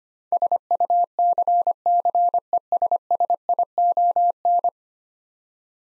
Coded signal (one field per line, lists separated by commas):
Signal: Morse code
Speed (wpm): 25 wpm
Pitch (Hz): 700 Hz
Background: none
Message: SUCCESSION